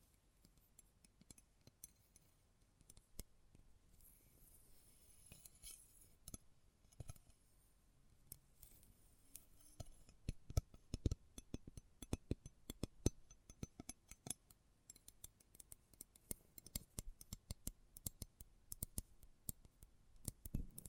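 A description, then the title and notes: Close-up metallic clinks and taps, sparse at first and growing denser and more rapid after ten seconds, bright and sharp over near silence. ASMR Close Up Metallic Sounds (No Talking).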